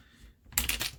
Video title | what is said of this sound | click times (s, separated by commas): Taurus G2C my favorite budget carry option I've tried so far. | and then locks in place, and she's ready to go again. | 0.6 s